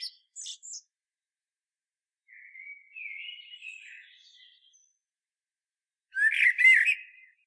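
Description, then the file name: Common blackbird singing: a few high squeaks, a soft warbled phrase, then a loud fluted phrase ending in squeaky twittering. "Turdus merula"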